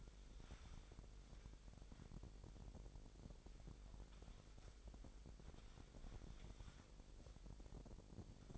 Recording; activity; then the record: daily activity, microphone in the room; wipe stove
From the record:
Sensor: 5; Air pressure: 1001.1 hPa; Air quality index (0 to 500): 247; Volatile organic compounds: 34 ppm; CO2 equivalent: 3048 ppm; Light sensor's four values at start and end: 30/68/27/26 and 32/73/29/27